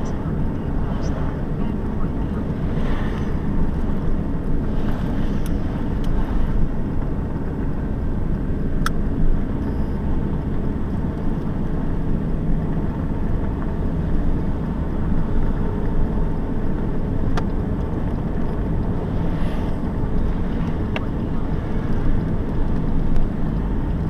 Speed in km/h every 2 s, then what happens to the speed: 46, 47, 46, 46, 46, 47, 49, 50, 52, 52, 51, 48.
0-24 steady at about 47.